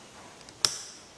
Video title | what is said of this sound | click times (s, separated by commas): Seat-Pan Cover Replacement (2009 Ford F150 XLT) | and we're going to kind of pull our wire out and slide that over until it clicks there | 0.6 s